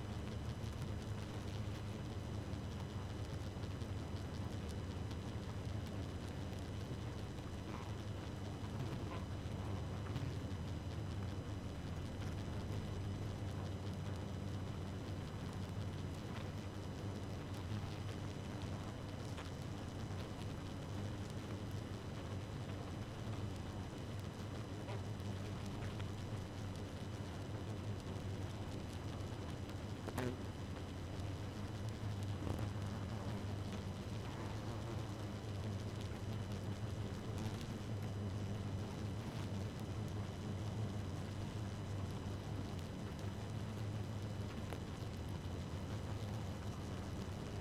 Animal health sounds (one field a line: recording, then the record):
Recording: honeybee colony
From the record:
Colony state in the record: active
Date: 12 June 2018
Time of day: 2:24